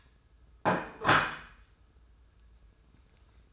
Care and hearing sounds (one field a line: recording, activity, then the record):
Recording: daily activity, microphone in the room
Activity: place plate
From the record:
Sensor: 2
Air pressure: 994.3 hPa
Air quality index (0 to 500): 210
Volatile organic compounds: 1000 ppm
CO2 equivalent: 6909 ppm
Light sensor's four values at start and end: 62/139/59/60 and 62/141/60/61